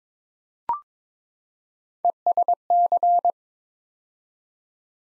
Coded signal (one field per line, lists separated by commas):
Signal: Morse code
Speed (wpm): 22 wpm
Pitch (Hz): 700 Hz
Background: none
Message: ESC